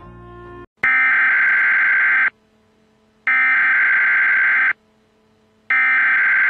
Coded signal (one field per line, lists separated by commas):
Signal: Emergency Alert System (SAME) tones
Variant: header bursts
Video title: What if the American and Japanese Alert Systems Were Reversed?